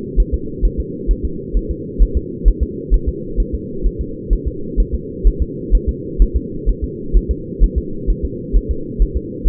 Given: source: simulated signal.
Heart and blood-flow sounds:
fetal heart sounds
0.20 s: S1
0.34 s: S2
0.65 s: S1
0.80 s: S2
1.11 s: S1
1.25 s: S2
1.57 s: S1
1.71 s: S2
2.02 s: S1
2.17 s: S2
2.48 s: S1
2.63 s: S2
2.94 s: S1
3.09 s: S2
3.40 s: S1
3.54 s: S2
3.86 s: S1
4.01 s: S2
4.33 s: S1
4.47 s: S2
4.80 s: S1
4.94 s: S2
5.27 s: S1
5.42 s: S2
5.75 s: S1
5.89 s: S2
6.22 s: S1
6.36 s: S2
6.69 s: S1
6.84 s: S2
7.16 s: S1
7.31 s: S2
7.63 s: S1
7.78 s: S2
8.10 s: S1
8.25 s: S2
8.56 s: S1
8.71 s: S2
9.02 s: S1
9.17 s: S2
9.48 s: S1
From the record:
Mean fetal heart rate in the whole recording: 130 bpm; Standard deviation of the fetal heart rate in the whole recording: 2 bpm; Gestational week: 36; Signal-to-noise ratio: -4.3 dB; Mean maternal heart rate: 72 bpm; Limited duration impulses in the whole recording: absent

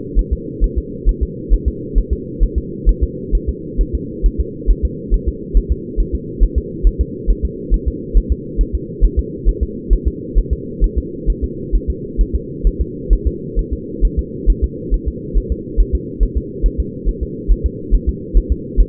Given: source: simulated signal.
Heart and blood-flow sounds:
fetal heart sounds
0.19 s: S1
0.33 s: S2
0.64 s: S1
0.78 s: S2
1.09 s: S1
1.23 s: S2
1.54 s: S1
1.68 s: S2
1.98 s: S1
2.13 s: S2
2.44 s: S1
2.58 s: S2
2.89 s: S1
3.03 s: S2
3.35 s: S1
3.49 s: S2
3.81 s: S1
3.95 s: S2
4.26 s: S1
4.40 s: S2
4.70 s: S1
4.85 s: S2
5.14 s: S1
5.28 s: S2
5.57 s: S1
5.72 s: S2
6.00 s: S1
6.15 s: S2
6.44 s: S1
6.58 s: S2
6.87 s: S1
7.01 s: S2
7.30 s: S1
7.45 s: S2
7.74 s: S1
7.88 s: S2
8.17 s: S1
8.32 s: S2
8.61 s: S1
8.75 s: S2
9.05 s: S1
9.19 s: S2
9.49 s: S1
9.63 s: S2
9.93 s: S1
10.08 s: S2
10.38 s: S1
10.53 s: S2
10.84 s: S1
10.98 s: S2
11.30 s: S1
11.44 s: S2
11.75 s: S1
11.90 s: S2
12.21 s: S1
12.35 s: S2
12.67 s: S1
12.81 s: S2
13.13 s: S1
13.27 s: S2
13.59 s: S1
13.73 s: S2
14.05 s: S1
14.19 s: S2
14.50 s: S1
14.64 s: S2
14.94 s: S1
15.08 s: S2
15.38 s: S1
15.52 s: S2
15.81 s: S1
15.95 s: S2
16.23 s: S1
16.38 s: S2
16.66 s: S1
16.80 s: S2
17.09 s: S1
17.23 s: S2
17.52 s: S1
17.66 s: S2
17.94 s: S1
18.09 s: S2
18.37 s: S1
18.52 s: S2
18.81 s: S1
From the record:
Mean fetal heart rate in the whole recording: 135 bpm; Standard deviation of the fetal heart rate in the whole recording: 3 bpm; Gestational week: 36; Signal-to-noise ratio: -4.1 dB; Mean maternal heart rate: no maternal heart sound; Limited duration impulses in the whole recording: absent

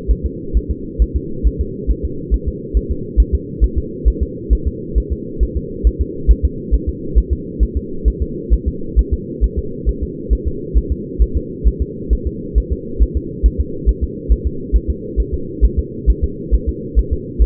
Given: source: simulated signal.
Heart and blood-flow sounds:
fetal heart sounds
0.11 s: S1
0.26 s: S2
0.57 s: S1
0.71 s: S2
1.02 s: S1
1.16 s: S2
1.47 s: S1
1.61 s: S2
1.91 s: S1
2.05 s: S2
2.34 s: S1
2.48 s: S2
2.77 s: S1
2.91 s: S2
3.20 s: S1
3.34 s: S2
3.64 s: S1
3.78 s: S2
4.08 s: S1
4.23 s: S2
4.53 s: S1
4.67 s: S2
4.98 s: S1
5.12 s: S2
5.43 s: S1
5.57 s: S2
5.87 s: S1
6.01 s: S2
6.31 s: S1
6.45 s: S2
6.74 s: S1
6.89 s: S2
7.18 s: S1
7.33 s: S2
7.63 s: S1
7.77 s: S2
8.08 s: S1
8.22 s: S2
8.53 s: S1
8.68 s: S2
8.99 s: S1
9.13 s: S2
9.44 s: S1
9.59 s: S2
9.89 s: S1
10.03 s: S2
10.33 s: S1
10.47 s: S2
10.78 s: S1
10.92 s: S2
11.22 s: S1
11.37 s: S2
11.67 s: S1
11.82 s: S2
12.13 s: S1
12.27 s: S2
12.58 s: S1
12.72 s: S2
13.02 s: S1
13.17 s: S2
13.46 s: S1
13.60 s: S2
13.89 s: S1
14.04 s: S2
14.32 s: S1
14.47 s: S2
14.76 s: S1
14.90 s: S2
15.20 s: S1
15.34 s: S2
15.65 s: S1
15.79 s: S2
16.10 s: S1
16.24 s: S2
16.54 s: S1
16.69 s: S2
16.99 s: S1
17.13 s: S2
17.42 s: S1
From the record:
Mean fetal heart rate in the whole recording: 135 bpm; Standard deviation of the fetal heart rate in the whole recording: 3 bpm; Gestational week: 34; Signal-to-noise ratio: -4.3 dB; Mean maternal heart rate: 72 bpm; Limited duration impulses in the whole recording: absent

